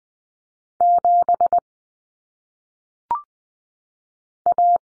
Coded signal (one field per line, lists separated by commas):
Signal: Morse code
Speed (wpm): 20 wpm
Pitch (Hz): 700 Hz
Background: none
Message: 7 A